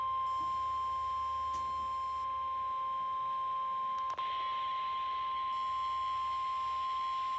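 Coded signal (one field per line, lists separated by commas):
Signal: Emergency Alert System (SAME) tones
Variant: 1050 Hz attention tone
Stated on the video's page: Required Weekly Tests received from NOAA Weather Radio transmitters in Pennsylvania, Maryland, DC and Virginia on 162.400–162.550 MHz.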